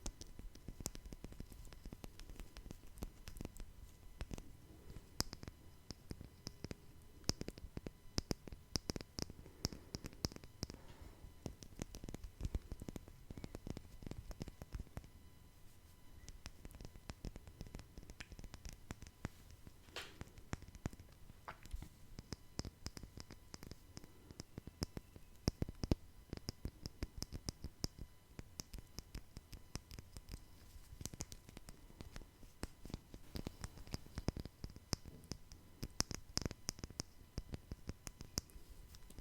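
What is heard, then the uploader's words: Quick, dense tapping continues throughout, with many small clicks in irregular bursts over a soft low rumble and faint rustling. Tapping No Talking.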